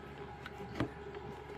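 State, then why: Seated. A plastic latch is pushed into its slot on the side of a Ninja DualBrew Pro coffee maker housing, against a steady low background hum. Two short sharp clicks are heard at 0.5 s and 0.8 s, the second louder, as the latch pops easily into place and seats.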